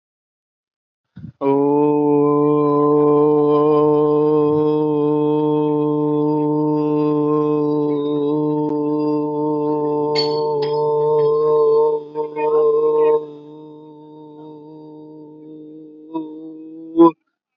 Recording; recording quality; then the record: sustained vowel as in boot; excellent, no background noise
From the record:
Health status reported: healthy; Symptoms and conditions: none ticked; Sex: male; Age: 26 years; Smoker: yes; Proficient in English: yes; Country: India